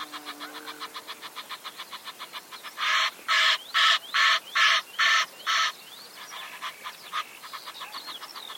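Bird giving a quick series of soft, buzzy notes, then six loud, grating calls spaced about half a second apart, and afterwards softer irregular calls with a few thin squeaks.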